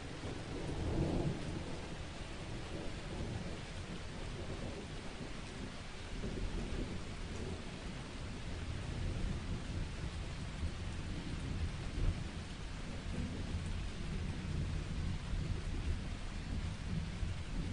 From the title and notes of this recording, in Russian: Звуки дождя.